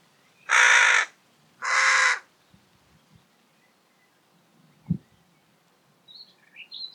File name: Corvus corone